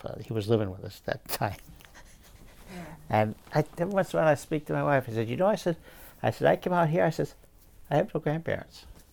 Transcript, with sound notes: He was living with us at that time. (laughs) And every once and awhile I speak to my wife and said, you know I said, I said "I came out here" I says "I have no grandparents."